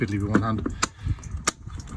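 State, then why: Seated. After the blue filling pipe is removed, the water fill insert is pushed back one-handed into the water fill point of a Zefiro 675 motorhome while someone talks. A sharp, bright click sounds at 1.5 s, followed by a few softer handling knocks. The part is seated back in place, and the click confirms it has gone in.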